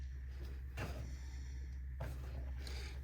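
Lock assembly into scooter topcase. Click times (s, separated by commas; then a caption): 2.7 s. With the bottom of a K-Max plastic lock assembly already in place, its top is pushed into a scooter topcase until it latches. Over a steady low hum, there are two scraping pushes at about 0.8 s and 2.0 s, then a short sharp click at 2.7 s as the lock part seats home.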